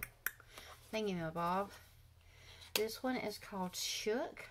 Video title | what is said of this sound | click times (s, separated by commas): UNBOXING.. MY MYSTERY BOX FROM LAURA LEE .. | that is so pretty and then you just pop it it mat it's a magnetic and it pops right into the | 0.3 s